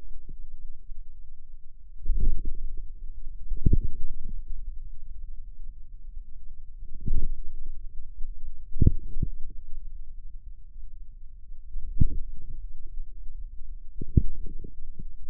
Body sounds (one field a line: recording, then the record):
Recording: forearm muscle sounds (acoustic myography)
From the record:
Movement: inward rotation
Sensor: system 2, bracelet of six BSWA MPA416 microphones around the upper forearm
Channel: 5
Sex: female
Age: 23 years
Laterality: right